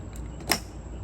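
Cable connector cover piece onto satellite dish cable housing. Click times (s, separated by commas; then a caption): 0.5 s. The Starlink cable end is pushed back up into its housing on the satellite dish, and the cable connector cover piece is put back on. A sharp click at 0.5 s shows the cover locking in place.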